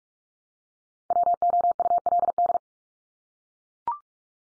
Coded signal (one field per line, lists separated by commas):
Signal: Morse code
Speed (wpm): 44 wpm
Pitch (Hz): 700 Hz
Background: none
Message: WOULD